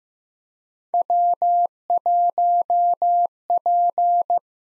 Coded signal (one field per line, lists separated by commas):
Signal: Morse code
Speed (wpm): 15 wpm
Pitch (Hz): 700 Hz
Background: none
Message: W1P